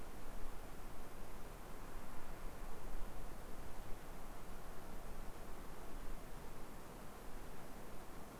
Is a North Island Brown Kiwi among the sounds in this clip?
no